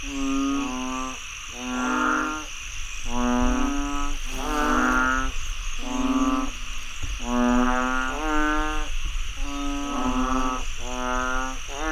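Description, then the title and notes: Loud chorus of frogs giving nasal, harmonic croaks in rapid irregular sequence, with a continuous high insect buzz underneath. Frogs croaking after heavy rainfall in Chiang Mai, Thailand. "Frogs croaking after heavy rainfall in Chiang Mai, Thailand. Alex Boyesen"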